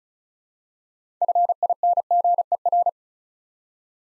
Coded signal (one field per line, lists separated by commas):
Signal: Morse code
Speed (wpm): 34 wpm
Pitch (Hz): 700 Hz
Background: none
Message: FINGER